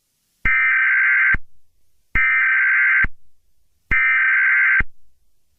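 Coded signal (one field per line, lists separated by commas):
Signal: Emergency Alert System (SAME) tones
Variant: header bursts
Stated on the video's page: Fictional scenario containing both valid and invalid EAS tones, with distorted effects.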